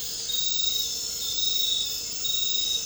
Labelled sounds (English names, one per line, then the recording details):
none
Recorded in dense forest near Puerto Asís, Putumayo, Colombia, on 9 March 2025 at 22:30
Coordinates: 0.467, -76.328
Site G041